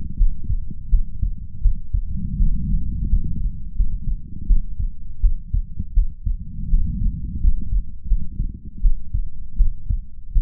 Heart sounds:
heart sounds by stethoscope; 83 bpm
0.15 s: heartbeat
0.88 s: heartbeat
1.61 s: heartbeat
2.36 s: heartbeat
3.07 s: heartbeat
3.74 s: heartbeat
4.45 s: heartbeat
5.19 s: heartbeat
5.93 s: heartbeat
6.67 s: heartbeat
7.39 s: heartbeat
8.06 s: heartbeat
8.80 s: heartbeat
9.55 s: heartbeat
10.31 s: heartbeat
From the record:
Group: healthy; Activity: rest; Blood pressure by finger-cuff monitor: 97/59 mmHg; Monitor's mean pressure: 73 mmHg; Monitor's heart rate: 82 bpm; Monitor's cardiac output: 6.9 L/min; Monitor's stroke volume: 82 mL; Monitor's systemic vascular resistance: 750 dyn s/cm5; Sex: female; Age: 26 years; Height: 165 cm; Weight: 55 kg

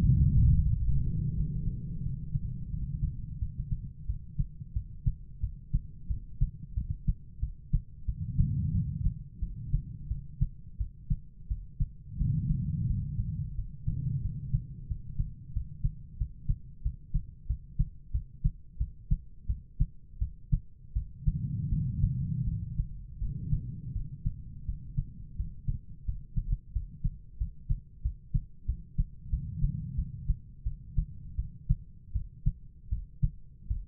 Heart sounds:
heart sounds by stethoscope; 87 bpm
0.00 s: heartbeat
0.66 s: heartbeat
1.34 s: heartbeat
2.02 s: heartbeat
2.69 s: heartbeat
3.38 s: heartbeat
4.05 s: heartbeat
4.72 s: heartbeat
5.39 s: heartbeat
6.06 s: heartbeat
6.73 s: heartbeat
7.39 s: heartbeat
8.04 s: heartbeat
8.71 s: heartbeat
9.39 s: heartbeat
10.07 s: heartbeat
10.77 s: heartbeat
11.47 s: heartbeat
12.17 s: heartbeat
12.86 s: heartbeat
13.54 s: heartbeat
14.21 s: heartbeat
14.86 s: heartbeat
15.52 s: heartbeat
16.16 s: heartbeat
16.81 s: heartbeat
17.46 s: heartbeat
18.10 s: heartbeat
18.77 s: heartbeat
19.46 s: heartbeat
20.18 s: heartbeat
20.92 s: heartbeat
21.68 s: heartbeat
22.44 s: heartbeat
23.18 s: heartbeat
23.92 s: heartbeat
24.65 s: heartbeat
25.35 s: heartbeat
26.04 s: heartbeat
26.72 s: heartbeat
27.37 s: heartbeat
28.01 s: heartbeat
28.65 s: heartbeat
29.29 s: heartbeat
29.94 s: heartbeat
30.63 s: heartbeat
31.35 s: heartbeat
32.12 s: heartbeat
32.88 s: heartbeat
33.67 s: heartbeat
From the record:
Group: healthy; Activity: cold pressor test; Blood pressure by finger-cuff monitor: 118/77 mmHg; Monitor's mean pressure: 92 mmHg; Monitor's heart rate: 89 bpm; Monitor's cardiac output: 6.3 L/min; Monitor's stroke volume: 72 mL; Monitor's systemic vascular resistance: 1060 dyn s/cm5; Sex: female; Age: 43 years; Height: 160 cm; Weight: 90 kg

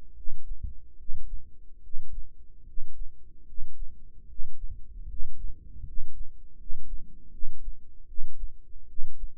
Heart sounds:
heart sounds by microphone in the right ear; 76 bpm
0.14 s: heartbeat
0.96 s: heartbeat
1.81 s: heartbeat
2.65 s: heartbeat
3.45 s: heartbeat
4.26 s: heartbeat
5.07 s: heartbeat
5.84 s: heartbeat
6.56 s: heartbeat
7.30 s: heartbeat
8.06 s: heartbeat
8.86 s: heartbeat
From the record:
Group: healthy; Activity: rest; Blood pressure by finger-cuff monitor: 108/73 mmHg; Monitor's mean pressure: 83 mmHg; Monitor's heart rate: 79 bpm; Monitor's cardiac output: 6 L/min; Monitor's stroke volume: 77 mL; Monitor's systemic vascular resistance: 970 dyn s/cm5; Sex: male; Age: 35 years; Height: 180 cm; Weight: 86.9 kg

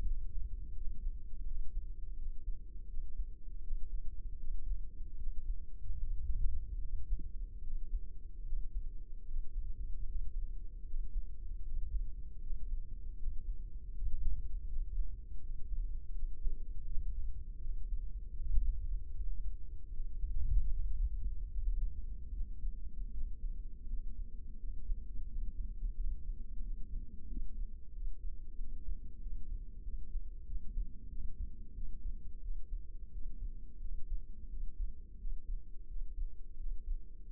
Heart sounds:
heart sounds by microphone in the left ear; 82 bpm
0.07 s: heartbeat
0.77 s: heartbeat
1.47 s: heartbeat
2.18 s: heartbeat
2.90 s: heartbeat
3.64 s: heartbeat
4.41 s: heartbeat
5.19 s: heartbeat
6.00 s: heartbeat
6.82 s: heartbeat
7.64 s: heartbeat
8.46 s: heartbeat
9.27 s: heartbeat
10.08 s: heartbeat
10.87 s: heartbeat
11.65 s: heartbeat
12.43 s: heartbeat
13.19 s: heartbeat
13.95 s: heartbeat
14.69 s: heartbeat
15.42 s: heartbeat
16.15 s: heartbeat
16.88 s: heartbeat
17.63 s: heartbeat
18.38 s: heartbeat
19.15 s: heartbeat
19.93 s: heartbeat
20.72 s: heartbeat
21.52 s: heartbeat
22.34 s: heartbeat
23.14 s: heartbeat
23.90 s: heartbeat
24.60 s: heartbeat
25.29 s: heartbeat
25.97 s: heartbeat
26.63 s: heartbeat
27.29 s: heartbeat
27.95 s: heartbeat
28.60 s: heartbeat
29.23 s: heartbeat
29.85 s: heartbeat
30.48 s: heartbeat
31.11 s: heartbeat
31.76 s: heartbeat
32.44 s: heartbeat
33.14 s: heartbeat
33.82 s: heartbeat
34.51 s: heartbeat
35.20 s: heartbeat
35.89 s: heartbeat
36.59 s: heartbeat
37.30 s: heartbeat
From the record:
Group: healthy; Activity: breath hold 0-20 s, rest 20-37 s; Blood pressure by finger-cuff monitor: 147/88 mmHg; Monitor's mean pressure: 108 mmHg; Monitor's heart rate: 81 bpm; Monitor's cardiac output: 6.5 L/min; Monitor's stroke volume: 82 mL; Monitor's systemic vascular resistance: 1160 dyn s/cm5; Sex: male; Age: 21 years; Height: 175 cm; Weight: 72.6 kg

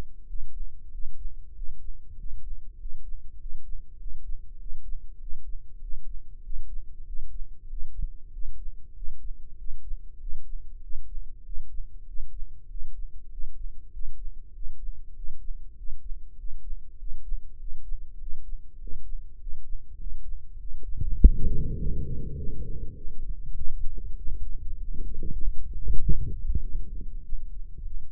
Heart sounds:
heart sounds by microphone in the left ear; 98 bpm
0.24 s: heartbeat
0.88 s: heartbeat
1.52 s: heartbeat
2.14 s: heartbeat
2.76 s: heartbeat
3.36 s: heartbeat
3.96 s: heartbeat
4.57 s: heartbeat
5.17 s: heartbeat
5.78 s: heartbeat
6.41 s: heartbeat
7.04 s: heartbeat
7.67 s: heartbeat
8.30 s: heartbeat
8.93 s: heartbeat
9.55 s: heartbeat
10.17 s: heartbeat
10.80 s: heartbeat
11.42 s: heartbeat
12.05 s: heartbeat
12.67 s: heartbeat
13.28 s: heartbeat
13.90 s: heartbeat
14.51 s: heartbeat
15.13 s: heartbeat
15.74 s: heartbeat
16.35 s: heartbeat
16.96 s: heartbeat
17.57 s: heartbeat
18.17 s: heartbeat
18.77 s: heartbeat
19.37 s: heartbeat
19.97 s: heartbeat
20.57 s: heartbeat
21.17 s: heartbeat
21.76 s: heartbeat
22.35 s: heartbeat
22.93 s: heartbeat
23.53 s: heartbeat
24.14 s: heartbeat
24.76 s: heartbeat
25.37 s: heartbeat
25.98 s: heartbeat
26.60 s: heartbeat
27.21 s: heartbeat
27.83 s: heartbeat
From the record:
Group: healthy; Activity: breath hold 0-22 s, rest 22-28 s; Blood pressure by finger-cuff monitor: 97/69 mmHg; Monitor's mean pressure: 75 mmHg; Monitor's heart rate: 98 bpm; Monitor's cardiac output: 7.4 L/min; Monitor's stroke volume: 76 mL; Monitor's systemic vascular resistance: 750 dyn s/cm5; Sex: male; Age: 19 years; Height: 178 cm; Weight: 83 kg

